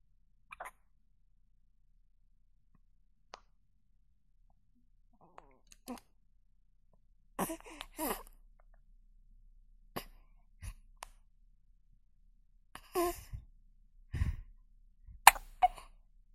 Newborn baby hiccup.